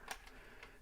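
During the transformation of a Zeta Toys Armageddon ZA-03 Blitzkrieg transforming robot figure (Transformers Masterpiece Onslaught), the shoulder tab sections are brought down and pushed into the body until each plastic tab locks into place. Two short, sharp clicks sound at 0.1 s and 0.6 s over a quiet background. Both tabs seat and lock into place.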